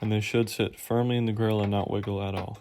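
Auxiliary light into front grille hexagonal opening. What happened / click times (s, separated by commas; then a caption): Handled, not yet home: no seating click heard / none. A small plastic auxiliary light, its wiring end already fed through, is handled at a full hexagonal opening in the plastic TRD Pro front grille of a 4th-gen (2003-2005) Toyota 4Runner. Someone talks throughout, and no click stands out. Nothing has seated or clicked yet.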